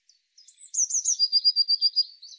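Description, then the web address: Eurasian blue tit calling, with high thin introductory notes sliding into a rapid churring trill of repeated pulses that holds a steady pitch before trailing off. "cianscape birddata Deverinetal 2025 File cleaned normalized Bird Cy Ca"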